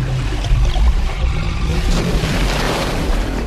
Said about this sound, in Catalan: I aquest soroll... Oh, no! Mira qui has fet! Està baixant el nivell. L'aigua se'n va!